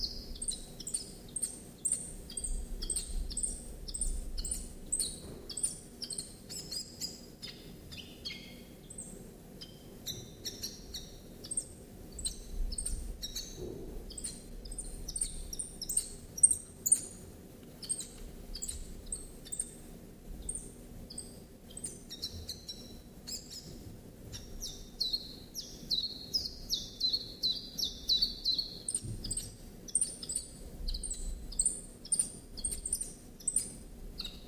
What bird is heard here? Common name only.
Common Chiffchaff